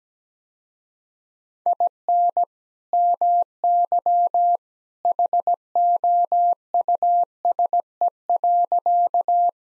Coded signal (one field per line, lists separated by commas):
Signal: Morse code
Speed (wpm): 17 wpm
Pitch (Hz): 700 Hz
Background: none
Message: IN MY HOUSE.